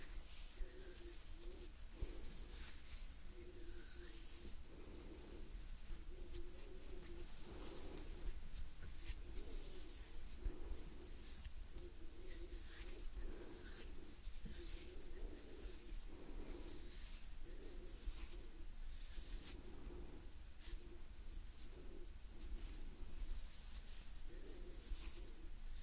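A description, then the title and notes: Gentle hand sounds: soft rubbing and brushing movements repeat steadily, with a faint low murmur swelling about every second or two, like slow breathing. Brighter scratchy strokes flick in and out throughout, over a constant low hum underneath. Gentle Hand Sounds Movements & Breathing.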